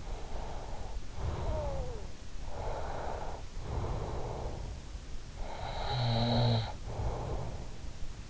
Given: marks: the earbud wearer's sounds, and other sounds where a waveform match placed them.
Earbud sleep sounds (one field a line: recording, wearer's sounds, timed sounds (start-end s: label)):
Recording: sounds in sleep by an in-ear microphone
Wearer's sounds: breath, snoring breath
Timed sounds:
0.19-5.09 s: breath
5.09-8.29 s: snoring breath